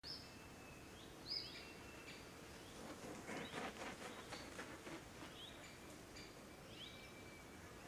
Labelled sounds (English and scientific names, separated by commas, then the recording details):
White-tailed Eagle (Haliaeetus albicilla)
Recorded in the wild
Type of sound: wing flapping
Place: Niederspree, Niederspreer Teichgebiet, Sachsen, DE
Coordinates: 51.4067, 14.8819
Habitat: pond
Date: 2008-08-01
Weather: heiter, 20°C, windstill
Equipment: Fostex FR2-LE, 2 Sennheiser ME64, Rycote-Windschutz
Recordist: Frommolt, Karl-Heinz
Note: Am Waldteich: Flügelschläge eines Seeadlers